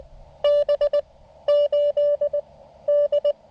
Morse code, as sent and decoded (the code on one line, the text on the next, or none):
-... / ---.. / -..
B 8 D